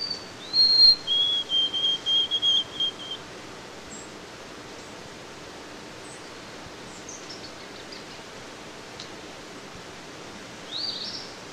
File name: White-throated Sparrow